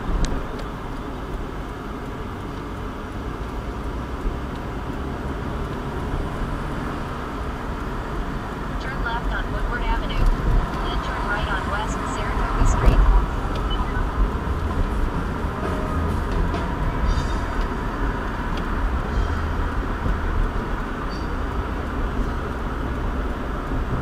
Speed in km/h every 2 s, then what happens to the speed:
18, 21, 26, 31, 34, 35, 37, 40, 44, 45, 45, 47.
0-24 speeds up to 47.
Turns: none.